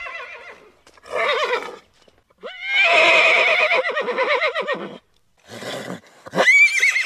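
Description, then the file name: Horse whinnying: a few wavering neighs, one long and shaking, then a breathy snort and a final high-pitched neigh. "odglosy zwierzat - kon"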